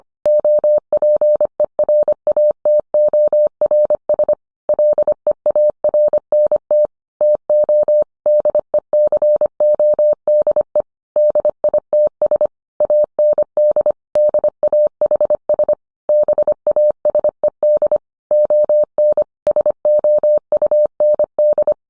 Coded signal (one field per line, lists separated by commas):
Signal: Morse code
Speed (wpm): 25 wpm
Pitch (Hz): 600 Hz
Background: none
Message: OPERATORS LEARNT TO DECODE DITS AND DAHS BASED ON SOUND